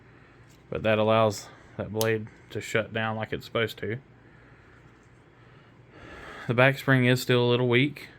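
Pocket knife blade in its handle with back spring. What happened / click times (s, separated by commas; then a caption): No seating click yet: only talk and quiet room tone, the part has not snapped home / none. Someone talks while handling a restored slipjoint pocket knife, its blade in the handle against a back spring that is still a little weak. Only speech and a faint background hiss are heard. The blade has not yet snapped open against the spring, and nothing has clicked yet.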